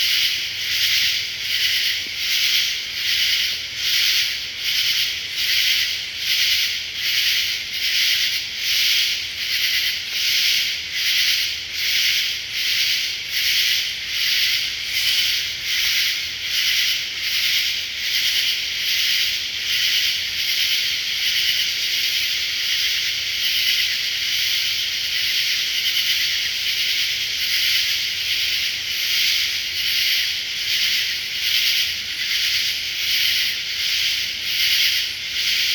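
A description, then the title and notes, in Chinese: A night forest where a dense insect chorus fills the air with a bright, rasping pulse that repeats about twice a second, steady and unbroken for the whole stretch. Beneath it sit a faint low rumble and a soft thin tone. 森林的夜晚_美国南塔哈拉国家森林公园。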